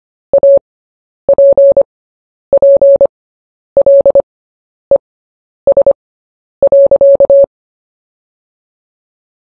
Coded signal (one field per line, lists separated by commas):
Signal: Morse code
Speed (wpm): 25 wpm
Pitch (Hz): 560 Hz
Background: none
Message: APPLES.